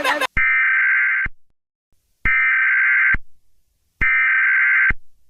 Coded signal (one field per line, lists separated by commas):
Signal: Emergency Alert System (SAME) tones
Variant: header bursts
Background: speech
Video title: (13+) The 67 virus EAS scenario.